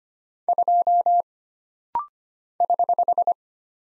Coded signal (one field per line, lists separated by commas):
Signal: Morse code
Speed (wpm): 25 wpm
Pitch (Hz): 700 Hz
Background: none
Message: 2 <HH>